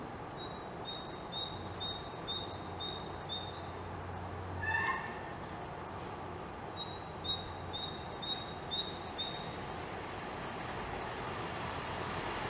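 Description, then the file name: Great tit song: two bouts of quick, high two-note phrases repeated in a seesaw rhythm, with a brief harsh call between them and low rumbling noise. "Parus major"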